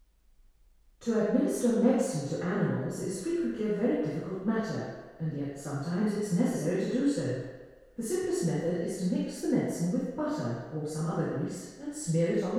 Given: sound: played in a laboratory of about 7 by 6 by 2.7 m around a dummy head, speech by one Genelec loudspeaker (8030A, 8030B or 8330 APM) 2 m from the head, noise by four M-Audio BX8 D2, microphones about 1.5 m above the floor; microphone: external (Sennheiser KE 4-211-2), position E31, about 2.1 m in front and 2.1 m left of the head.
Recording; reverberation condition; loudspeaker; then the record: female speech in English; high; 60 degrees to the left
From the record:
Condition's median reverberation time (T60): about 1300 ms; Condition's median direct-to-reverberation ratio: about -4.0 dB